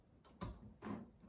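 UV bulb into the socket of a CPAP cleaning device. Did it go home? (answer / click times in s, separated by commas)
no / none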